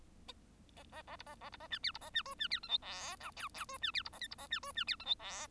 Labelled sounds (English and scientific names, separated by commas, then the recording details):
Bengalese Finch (Lonchura striata domestica) song
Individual Bird1